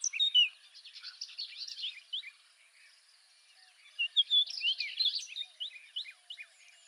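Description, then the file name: Orchard oriole singing a rapid, varied string of whistled and slurred notes in two busy phrases with a brief lull between them. "Orchard Oriole - Icterus spurius"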